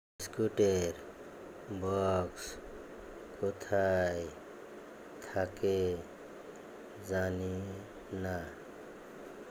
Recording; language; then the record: elicited speech; Bengali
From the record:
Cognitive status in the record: dementia